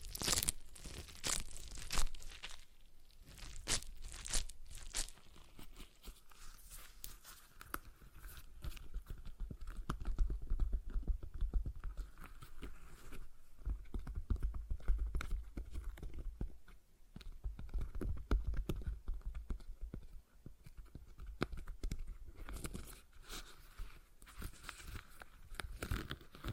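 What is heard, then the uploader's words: Stress ball sounds: a dense run of squishing, crackling and crunching noises as the ball is squeezed and worked, with many quick sharp clicks throughout. The activity is busiest in the first few seconds and around the middle, with brief quieter gaps near 3 and 17 seconds. ASMR Relaxing Stress Ball Sounds (No Talking).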